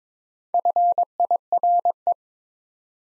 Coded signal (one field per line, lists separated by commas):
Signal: Morse code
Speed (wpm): 22 wpm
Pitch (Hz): 700 Hz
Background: none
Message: FIRE